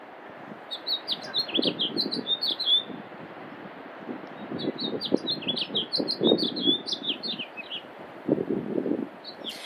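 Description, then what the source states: House Finch song: two long runs of quick, warbled high notes rising and falling, over low background noise. Recorded in Clatsop, Oregon, March 2021; used as intro bird call.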